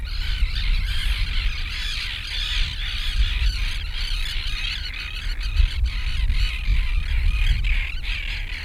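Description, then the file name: Gulls calling together without pause, with strident, overlapping squeals and squawks and occasional sharper cries, over continuous low-pitched wind or surf noise. Gulls near the sea. "Seagulls Near Sea"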